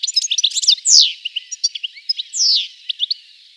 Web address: Schulze Peter European Goldfinch song